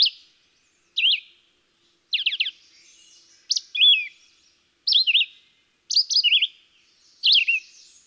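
Red-eyed vireo song: steady run of brief slurred whistles, varied phrases repeated about every second, no other sounds.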